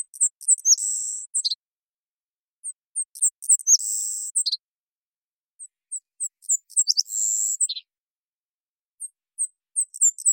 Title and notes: Savannah Sparrow Passerculus sandwichensis, collected song variants. Pacific Northwest, Washington, United States